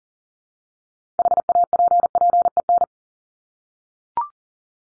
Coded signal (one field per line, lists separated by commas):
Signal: Morse code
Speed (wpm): 40 wpm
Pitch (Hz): 700 Hz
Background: none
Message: HAPPEN